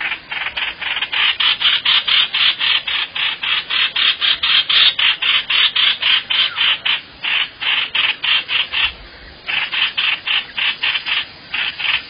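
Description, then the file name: Hoành hoạch bird producing a long, fast train of harsh, scratchy notes around four per second, interrupted by a few short pauses. "tieng chim hoanh hoach"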